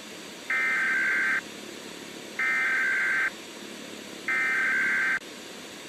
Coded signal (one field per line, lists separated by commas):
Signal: Emergency Alert System (SAME) tones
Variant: header bursts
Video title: Global Heating (Worldwide Edition) - An EAS Scenario